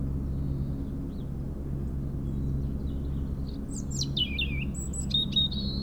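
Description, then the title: European robin giving a high, sliding warble near the end after mostly quiet seconds, with a continuous low mechanical drone underneath. Singing in a hedge near Lac du Bourget, Brison-Saint-Innocent, France, during helicopter lifting work on the Colombière cliff, engine sound echoing off Mont Corsuet; Zoom H4n Pro placed vertically on ground. "4 Chem. de la Pointe Forestier, Brison-Saint-Innocent, France - Duo rouge-gorge hélicoptère"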